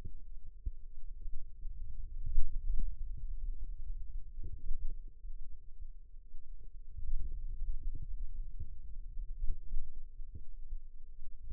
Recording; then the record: forearm muscle sounds (acoustic myography)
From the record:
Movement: hand opening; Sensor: system 2, bracelet of six BSWA MPA416 microphones around the upper forearm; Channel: 6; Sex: female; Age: 22 years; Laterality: right